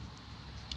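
During reinstall on a small Briggs and Stratton engine, a black plastic carburetor is pushed down onto its mount after the rod is hooked in first. Over a steady background hiss, a single sharp, short click sounds at 0.7 s as the carburetor snaps into place and is seated.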